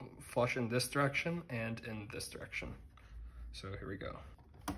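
Someone talks while positioning the aluminum bottom cover of a 2021 MacBook Pro 16-inch onto its chassis clips, about to press at two locations at the same time to pop the clips into place. The clip ends just before the cover goes home: nothing has seated or clicked yet.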